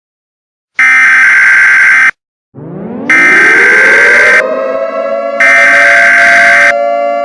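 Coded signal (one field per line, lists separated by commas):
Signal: Emergency Alert System (SAME) tones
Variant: header bursts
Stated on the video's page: Hypothetical EAS scenario recreation made in Vyond, with deliberately non-radio-like tones.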